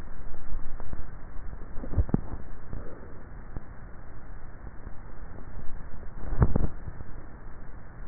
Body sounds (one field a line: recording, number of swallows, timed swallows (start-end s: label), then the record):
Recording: swallowing sounds by neck microphone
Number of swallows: 2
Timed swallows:
1.68-2.88 s: swallow
6.35-7.35 s: swallow
From the record:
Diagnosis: dysphagia